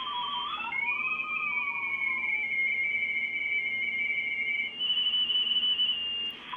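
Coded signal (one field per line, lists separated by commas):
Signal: RTTY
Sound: a tone glides in while tuning, then a fast two-tone warbling teletype chatter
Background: radio static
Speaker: They're everywhere. And remember, with the 7300, I can decode them right on the screen.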